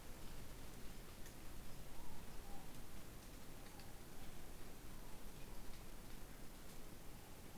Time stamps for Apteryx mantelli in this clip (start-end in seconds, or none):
none